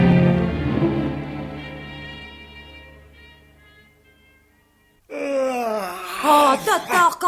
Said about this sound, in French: Vous n'avez pas fini de bailler comme ça?